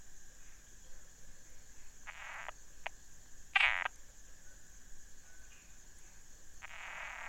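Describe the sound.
Frog croaks, short rasping bursts scattered throughout, one louder grating burst near the middle, over a steady high background hum.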